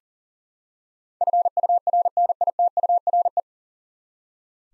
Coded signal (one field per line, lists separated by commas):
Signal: Morse code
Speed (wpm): 40 wpm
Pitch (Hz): 700 Hz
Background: none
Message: FURNITURE